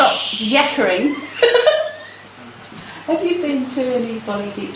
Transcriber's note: laughter